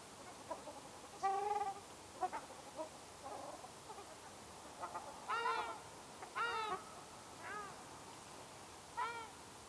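Ruddy shelduck calls, scattered nasal honks spaced a second or more apart, over a constant hissing background.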